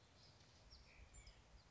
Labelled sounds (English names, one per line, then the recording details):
White-breasted Nuthatch
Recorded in Sonoma County, California